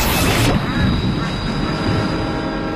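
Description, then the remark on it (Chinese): A train in the film Source Code rumbles steadily along its rails with a dense low-frequency roar, opening with a brief burst of bright hiss before settling into a continuous, fairly loud rolling drone. “然后思维又到了火车上了”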